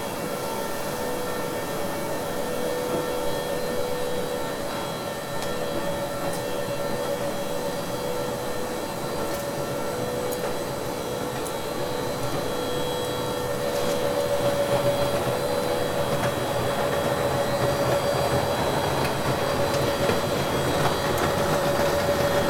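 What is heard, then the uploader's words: Machines run with a steady, dense hum and rumble, a sustained mid-pitched tone sitting on top of the noise throughout. Around the fifteen-second mark the sound grows slightly louder and rougher, with faint clicks and rattles scattered across the background. Factory. Qingdao is a developed and industrial city. The sound of the machines. All recordings, text, and photos by Liu SiYuan.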